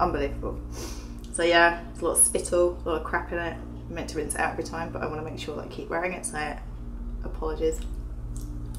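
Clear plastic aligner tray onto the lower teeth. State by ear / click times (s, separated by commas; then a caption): not seated / none. A clear plastic dental aligner tray is handled before being pressed onto the lower teeth, while someone talks over a low steady hum. Faint wet clicks come near the end, but nothing has seated or clicked yet.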